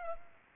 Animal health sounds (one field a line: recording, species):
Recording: mosquito wingbeat signal from an infrared sensor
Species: Culex pipiens